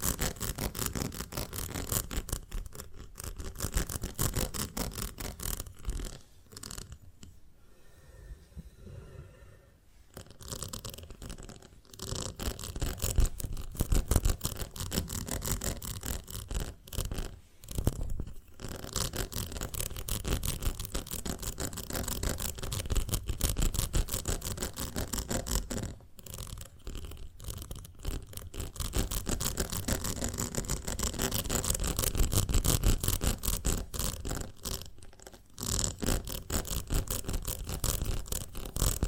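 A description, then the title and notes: Dense crackling and scratching handling of a honeycomb on a branch, fairly steady, with brief quieter pauses around 7–10 and 26 seconds. ASMR of a Honeycomb on Branch (No Talking).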